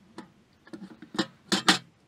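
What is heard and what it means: The steel door of a small portable wood-burning camping tent stove, which had not been fitted properly, is refitted so it sits on its hinge and locks into place. Several light metallic ticks sound as it is handled, followed by two louder metallic clunks at 1.5 and 1.7 seconds as the door seats and locks.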